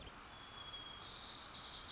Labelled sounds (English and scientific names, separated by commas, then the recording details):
White-crowned Sparrow (Zonotrichia leucophrys)
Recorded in Sonoma County, California